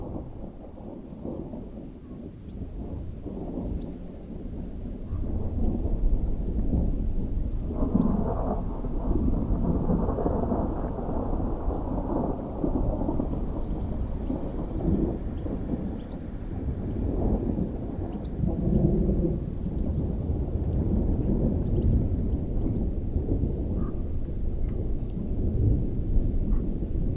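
Distant thunder rolls as a steady low rumble, swelling around eight and eighteen seconds, while gentle rain patters lightly and steadily throughout.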